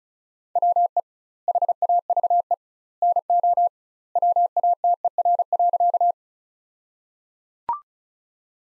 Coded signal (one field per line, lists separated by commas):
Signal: Morse code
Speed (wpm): 34 wpm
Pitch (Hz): 700 Hz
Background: none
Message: WE HAVE NO WATER.